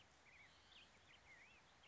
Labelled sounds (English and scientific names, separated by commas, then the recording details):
Black-headed Grosbeak (Pheucticus melanocephalus)
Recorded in Sonoma County, California